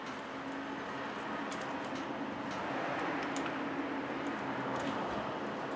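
An electrical plug is lined up and pushed a little way toward the alternator socket. Steady broadband noise with a faint low hum and light scattered ticks is heard throughout. The plug has not snapped into place yet, and no click occurs.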